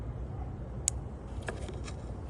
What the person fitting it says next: Make sure you hear a little click on it.